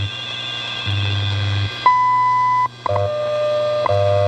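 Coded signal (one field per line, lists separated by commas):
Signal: radio time signal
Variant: WWV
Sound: low humming buzzes, a short high beep, then a steady mid-pitched tone with clicks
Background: radio static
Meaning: The 0.8-second 1000 Hz tone marks the start of the minute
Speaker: At the time 13 hours 9 minutes coordinated universal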